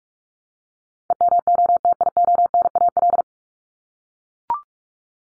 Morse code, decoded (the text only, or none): EMOTIONAL